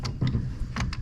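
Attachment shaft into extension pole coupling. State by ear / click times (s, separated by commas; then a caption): seated / 0.9 s. A tool attachment shaft, its arrow lined up with the extension pole coupling of a powerhead yard tool, is pushed together. A few short knocks and scrapes sound over a low rumble before a sharp click at 0.9 s as it latches, confirming the attachment is seated before the collar is tightened down.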